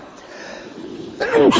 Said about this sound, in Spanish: Y eso que estamos en verano, pero en fin, no sé, estos estornudos.